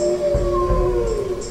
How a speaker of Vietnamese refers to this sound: Nghìn sói cùng tru.